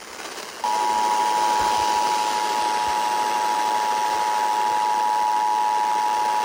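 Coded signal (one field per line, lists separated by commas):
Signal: Emergency Alert System (SAME) tones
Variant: 853 and 960 Hz attention tone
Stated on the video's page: Severe thunderstorm warning EAS alert aired on station WZOK.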